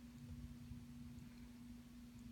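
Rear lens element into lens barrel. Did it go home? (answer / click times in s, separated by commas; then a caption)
no / none. A rear lens element sits in a lens barrel, positioned but not yet pressed home. Only a steady low hum and faint rumble are heard, with no sharp sounds. Nothing has seated or clicked yet.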